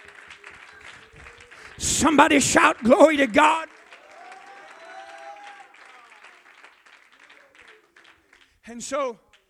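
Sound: audience clapping hands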